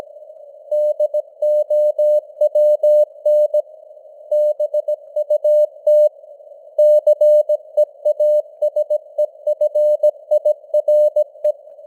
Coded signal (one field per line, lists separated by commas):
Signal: Morse code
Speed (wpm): 17 wpm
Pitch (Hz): 600 Hz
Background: none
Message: DOWN BUT CEASEFIRE